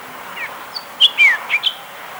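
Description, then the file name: Bird giving a rapid string of short, high, slurred chirps, some falling in pitch, against a soft steady hiss. "SABIOD 50 bird 2015"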